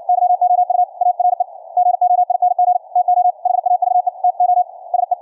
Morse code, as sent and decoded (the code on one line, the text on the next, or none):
-.-- --- ..- / .- .-. . / --. --- .. -. --. / - --- / .... .- ...- . / - --- / ... .
YOU ARE GOING TO HAVE TO SE